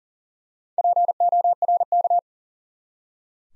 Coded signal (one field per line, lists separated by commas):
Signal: Morse code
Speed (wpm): 40 wpm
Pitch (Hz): 700 Hz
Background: none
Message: PORK